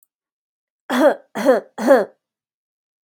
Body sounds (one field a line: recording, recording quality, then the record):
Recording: shallow voluntary cough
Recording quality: excellent, no background noise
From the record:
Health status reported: healthy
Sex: female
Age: 36 years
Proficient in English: yes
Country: United States